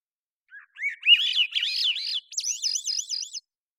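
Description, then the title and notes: Swainson's thrush song, one complete phrase of breezy, flute-like trills that spiral steadily upward in pitch, ending in a high, wavering flourish. Single male singing, natural pace and rhythm kept, cleanly processed parabolic recording, Pacific Northwest, Washington, United States. "Swainson's Thrush, Catharus ustulatus, Thrushes and Allies, long take of a single male Swainson's Thrush singing, natural pace and rhythm maintained, cleanly processed from parabolic recording Recorded in the beautiful Pacific Northwest, Washington, United States"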